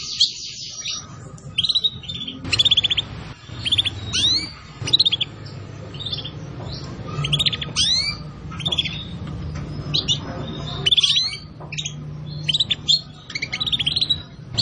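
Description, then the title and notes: Canary song: rapid high trills and sharp sweeping chirps repeated in short bursts, over a faint low background rumble. Song used as a lure to attract birds. "Pikat Burung Baru. kenari"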